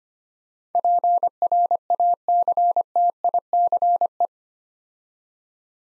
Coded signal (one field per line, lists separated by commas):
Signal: Morse code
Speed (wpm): 25 wpm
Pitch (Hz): 700 Hz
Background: none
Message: PRACTICE